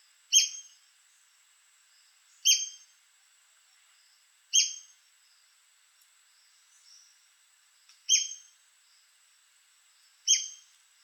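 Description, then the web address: White-crested spadebill calling: five sharp, explosive downslurred squeaks, mostly about two seconds apart with one longer gap, with a faint constant high-pitched whine behind. "sound White-crested-spadebill. دانلود-صدای-پرنده-بیلچه-نوک-کاکل-سفید"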